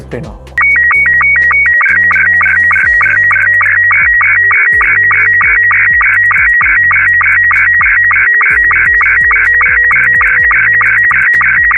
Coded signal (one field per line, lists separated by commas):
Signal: SSTV (slow-scan television)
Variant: Robot 72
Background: speech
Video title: Slow-scan television (SSTV) - SCOUT